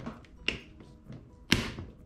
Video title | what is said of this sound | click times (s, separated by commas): What are Torque Screwdrivers? | you do is you just put on the terminal and you keep turning it until you hear a little click | 0.5 s, 1.5 s